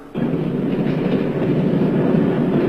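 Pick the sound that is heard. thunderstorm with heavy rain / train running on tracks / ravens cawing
train running on tracks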